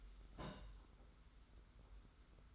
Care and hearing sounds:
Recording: daily activity, microphone in the room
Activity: place on stove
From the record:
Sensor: 3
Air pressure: 991.1 hPa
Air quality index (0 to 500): 102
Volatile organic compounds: 36 ppm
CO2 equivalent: 3071 ppm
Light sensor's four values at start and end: 45/124/51/44 and 45/124/51/44

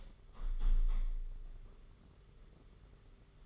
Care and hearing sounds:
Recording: daily activity, microphone in the room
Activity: open window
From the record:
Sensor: 4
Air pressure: 992.1 hPa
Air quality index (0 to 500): 105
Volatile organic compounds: 15 ppm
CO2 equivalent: 2493 ppm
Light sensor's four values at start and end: 22/77/28/30 and 23/78/28/30

